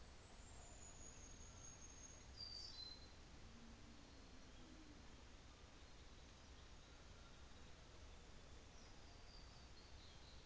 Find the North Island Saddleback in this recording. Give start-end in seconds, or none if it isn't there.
none